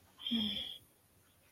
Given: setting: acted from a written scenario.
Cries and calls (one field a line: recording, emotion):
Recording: vocal sound without words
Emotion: shame